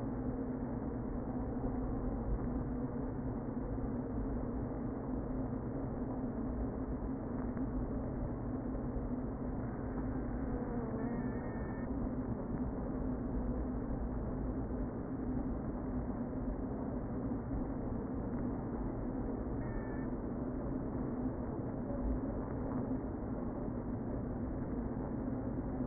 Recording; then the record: honeybee colony, microphone inside the hive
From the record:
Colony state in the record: queen present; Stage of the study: before two queens were removed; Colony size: about 60,000 bees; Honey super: yes